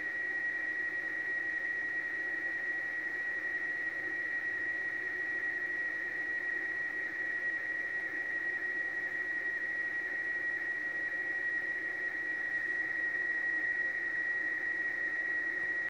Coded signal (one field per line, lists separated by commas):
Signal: weather fax (radiofax)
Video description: Radiofax com boletim meteorológico transmitido pela Marinha do Chile.